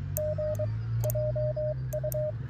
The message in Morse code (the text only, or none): G JU